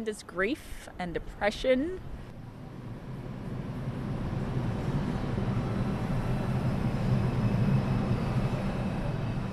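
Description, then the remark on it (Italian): A steady, low rumbling roar of a New York subway train in motion toward Brooklyn Heights, with a brief burst of voices at the start before the continuous rolling noise takes over. “Ci vuole una mezz'ora di metro per raggiungere Brooklyn Heights, un'altra area di Brooklyn, quartiere di New York”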